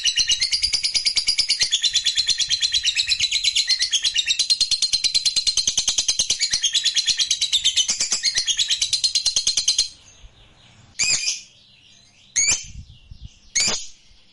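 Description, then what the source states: Lovebird song, a long run of fast, harsh chattering twitters for about ten seconds, then a pause broken by three short loud chirps. Fighter-type lovebird singing energetically, described as gacor.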